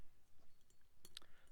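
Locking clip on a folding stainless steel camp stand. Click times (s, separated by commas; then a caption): 1.2 s. A small, lightweight stainless steel folding camp stand is folded up and its little clip is snapped shut. Faint handling ticks lead to a sharp, bright click at 1.2 s, with a softer tick just after, as the clip locks into place.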